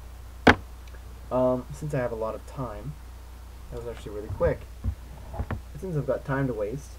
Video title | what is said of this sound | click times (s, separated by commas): Marvel Universe Stealth Armor Iron Man review | this one's spring loaded I don't know if you can hear the click but | 0.5 s